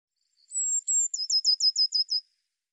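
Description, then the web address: Eurasian blue tit giving two thin, very high drawn-out notes followed by a quick, slightly falling trill of about seven short notes, in clean silence. "cianscape birddata Deverinetal 2025 File cleaned normalized Bird Cy Ca"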